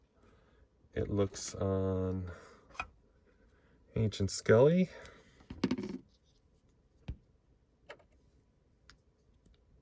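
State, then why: Seated. Someone talks while pushing a sculpted head onto the ball-joint neck peg of a 1:12 plastic action figure during a head swap, with a few small clicks and taps. The head seats with a sharp click at 8.9 s, and it is confirmed as clicked in.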